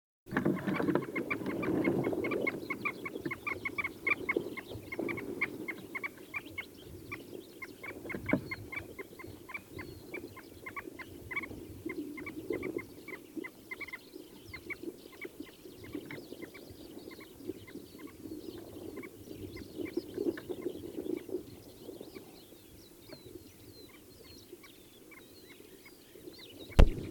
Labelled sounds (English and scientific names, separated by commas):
Pallas's Sandgrouse (Syrrhaptes paradoxus) call